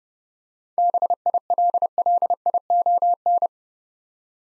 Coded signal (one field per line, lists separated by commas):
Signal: Morse code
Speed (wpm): 28 wpm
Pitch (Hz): 700 Hz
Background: none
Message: BILLION